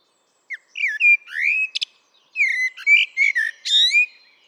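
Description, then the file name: Eurasian blackbird song of rich, sliding whistles broken by brief high squeaks, in two closely spaced phrases. "Turdus merula"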